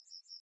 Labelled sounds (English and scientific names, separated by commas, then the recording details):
Yellowhammer (Emberiza citrinella) song
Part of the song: start
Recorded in the Czech Republic on 15 June 2013
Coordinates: 49.402, 13.036
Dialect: XlB
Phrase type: A6
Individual 309061